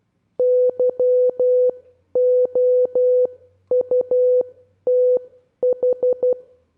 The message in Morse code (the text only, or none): YOUTH